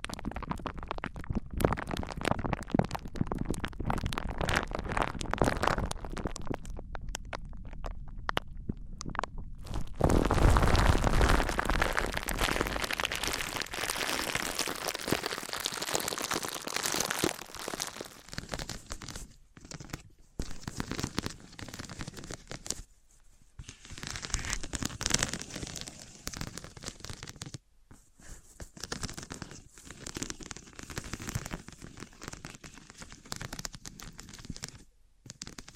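Materials being handled and rubbed against each other, perhaps wood, cork, sponge or glass, make dense crackling and scraping with many small clicks. The friction swells into a loud, steady rush around ten to seventeen seconds, then breaks into shorter bursts separated by brief silences.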